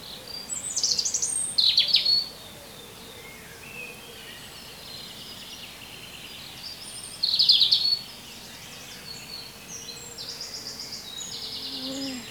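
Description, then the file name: European robin song: two short bursts of dense, high, tinkling notes several seconds apart, with faint twittering between and at the end. "Erithacus rubecula"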